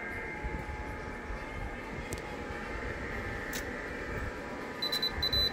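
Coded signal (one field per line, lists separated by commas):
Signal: FT8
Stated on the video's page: FT8 SuperFox mode contact with a DXpedition station on Saint Paul Island on 18 MHz.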